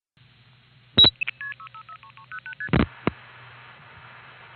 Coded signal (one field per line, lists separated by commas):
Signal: multi-frequency trunk signalling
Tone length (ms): 80 ms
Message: 6330ST